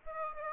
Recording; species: mosquito wingbeat signal from an infrared sensor; Aedes aegypti